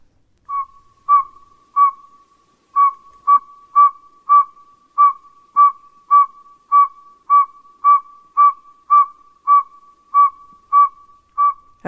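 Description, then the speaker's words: Northern Saw-whet Owl advertisement call: a steady series of short, even, whistled toots on one pitch, about two per second, with a brief pause early on. Male's advertisement call, played at night at banding stations to attract owls migrating south out of Canada and the northern United States; likened to a garbage truck backing up. "But that's the advertisement call of a male saw-whet owl."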